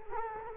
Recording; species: mosquito wingbeat signal from an infrared sensor; Culex quinquefasciatus